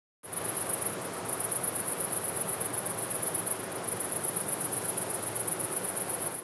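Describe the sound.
Cricket giving a continuous, very high, rapidly pulsing trill over a steady hiss of background noise.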